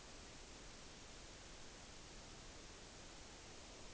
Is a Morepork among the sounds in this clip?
no